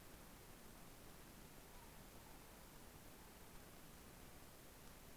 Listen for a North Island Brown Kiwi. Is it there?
no